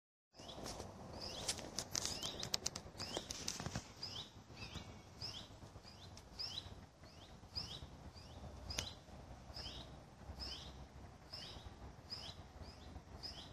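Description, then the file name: Common buzzard young giving short, high, down-slurred calls repeated about every two-thirds of a second, with wing-flapping or rustling bursts early on and steady background noise. Calls of young birds. "ruf nachwuchs maeusebussard"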